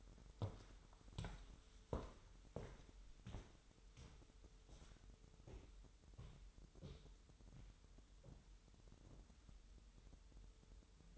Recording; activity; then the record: daily activity, microphone in the room; walk to room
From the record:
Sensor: 3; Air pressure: 988.2 hPa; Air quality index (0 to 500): 185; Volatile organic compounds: 212 ppm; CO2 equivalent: 4252 ppm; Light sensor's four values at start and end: 24/74/31/26 and 24/75/31/27